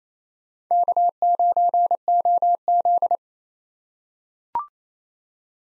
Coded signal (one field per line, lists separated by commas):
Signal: Morse code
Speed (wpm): 27 wpm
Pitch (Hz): 700 Hz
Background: none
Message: K9OZ